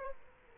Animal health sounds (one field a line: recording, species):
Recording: mosquito wingbeat signal from an infrared sensor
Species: Culex quinquefasciatus